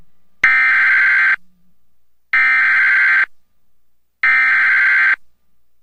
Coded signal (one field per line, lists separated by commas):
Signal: Emergency Alert System (SAME) tones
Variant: header bursts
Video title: EAS Fail en Puerto Rico Mar-14-2025